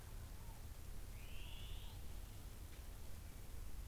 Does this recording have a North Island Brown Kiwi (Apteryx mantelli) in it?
no